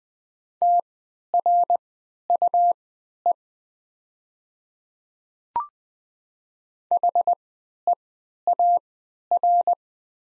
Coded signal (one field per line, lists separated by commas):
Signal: Morse code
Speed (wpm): 20 wpm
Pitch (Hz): 700 Hz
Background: none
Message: TRUE HEAR